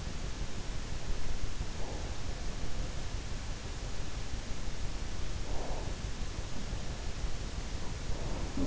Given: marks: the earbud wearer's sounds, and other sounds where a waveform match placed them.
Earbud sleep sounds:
sounds in sleep by an in-ear microphone; breath
1.56-2.41 s: breath
5.23-6.19 s: breath
7.79-8.67 s: breath

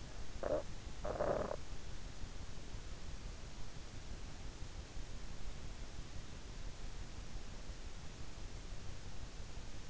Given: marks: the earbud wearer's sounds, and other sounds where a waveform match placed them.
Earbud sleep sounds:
sounds in sleep by an in-ear microphone; snoring breath
0.00-1.73 s: snoring breath

